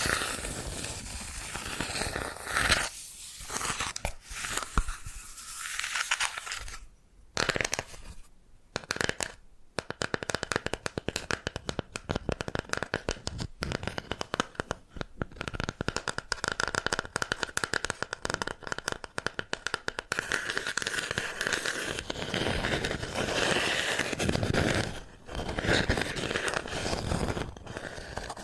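Bamboo is scratched and brushed, with dense, dry rustling that swells and fades in strokes over the first seven seconds. After a few brief pauses, fast ticking taps and scratches crowd together through the middle, then smoother, brighter brushing returns toward the end.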